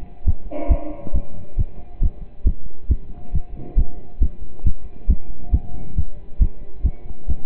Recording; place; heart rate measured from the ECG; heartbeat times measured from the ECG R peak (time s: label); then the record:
heart sounds by stethoscope; between the tricuspid and mitral areas; 137 bpm
0.26 s: heartbeat
0.70 s: heartbeat
1.14 s: heartbeat
1.58 s: heartbeat
2.01 s: heartbeat
2.45 s: heartbeat
2.90 s: heartbeat
3.33 s: heartbeat
3.77 s: heartbeat
4.21 s: heartbeat
4.65 s: heartbeat
5.09 s: heartbeat
5.53 s: heartbeat
5.96 s: heartbeat
6.40 s: heartbeat
6.84 s: heartbeat
7.28 s: heartbeat
From the record:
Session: pedaling a stationary bicycle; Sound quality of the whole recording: partially saturated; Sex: male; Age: 27 years